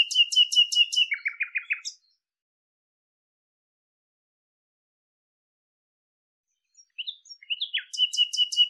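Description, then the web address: Bird calling: a fast trill dropping to lower buzzy notes, a long pause, then the chirping phrase starts again. "cianscape birddata Deverinetal 2025 Bird Lu Me Lu Me"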